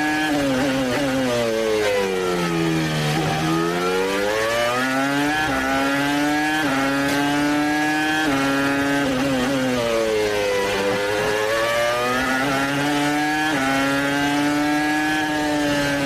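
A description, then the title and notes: A race car engine whines at high revs, its pitch repeatedly dropping and climbing through gear changes, loud with no pauses. Formula One Race Car.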